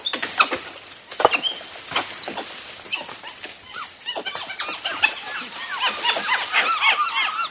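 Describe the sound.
Tufted capuchin chirps: a rapid burst of short, arched notes fills the second half, over scattered crackling and snapping and a steady high insect drone.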